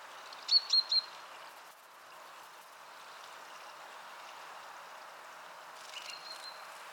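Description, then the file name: Great tit calling, a quick run of three thin high notes early on, then faint scattered notes against a continuous broad rushing noise. "Parus major"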